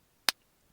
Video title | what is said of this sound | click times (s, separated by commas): Ford focus key fob battery replacement | and hear that click that's it done | 0.3 s